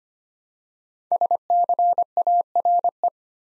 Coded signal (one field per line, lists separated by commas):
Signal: Morse code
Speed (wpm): 25 wpm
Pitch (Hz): 700 Hz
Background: none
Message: SCARE